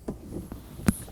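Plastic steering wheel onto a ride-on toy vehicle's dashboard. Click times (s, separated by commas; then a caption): 0.9 s. A plastic steering wheel is pushed back onto the dashboard of a ride-on toy vehicle after its wires are tucked in. Low, muffled handling sounds lead up to a sharp click at 0.9 s, followed by a fainter tap near the end. The steering wheel clicks into place and is seated.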